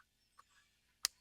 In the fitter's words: and get that locked into place.